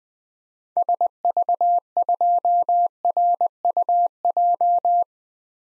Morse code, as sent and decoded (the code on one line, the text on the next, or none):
... ...- ..--- .-. ..- .---
SV2RUJ